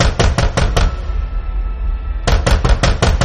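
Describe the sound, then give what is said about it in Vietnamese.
A girl knocks on a door in two loud bursts of rapid knocking, about five sharp raps each, separated by a brief pause with a low rumbling hum underneath. “Đang nằm, đang chịu đựng, thì con nhỏ này nó tới nó gõ cửa.”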